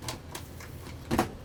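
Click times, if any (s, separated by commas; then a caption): 1.2 s. A swivel TV mount in a truck camper is folded up and pushed into its travel position. Two sharp clacks at 0.1 and 0.4 seconds are followed by a louder, fuller click at 1.2 seconds as the arm locks in place. This holds the TV up off the mattress.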